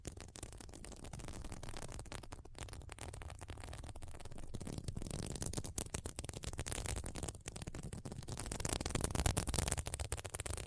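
Scratching on a sequin mermaid pillow, a dense, continuous rasping made of rapid tiny clicks and flicks that run throughout. The rustle is bright and fairly steady, swelling a little louder toward the end, with a low rumble underneath.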